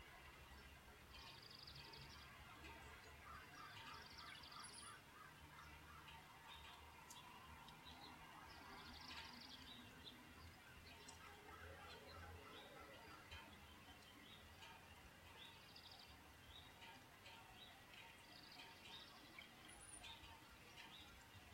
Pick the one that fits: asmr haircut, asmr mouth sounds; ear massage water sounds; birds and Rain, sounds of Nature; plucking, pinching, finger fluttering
birds and Rain, sounds of Nature